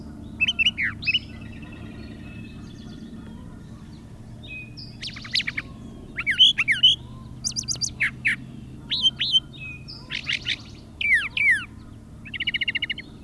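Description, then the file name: Brown thrasher song, a series of varied short phrases, some doubled, mixing sharp whistles, chips and buzzy notes, with a faint low hum throughout. "suara-kicauan-brown-trasher -omkicau"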